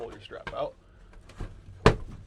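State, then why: Seated. Someone talks while pulling out the strap on the push panel of a Four Wheel Campers Project M pop-up camper, with soft handling sounds. At 1.9 s the strap buckle clicks into place with a single sharp, loud click, seating the buckle to lock the panel.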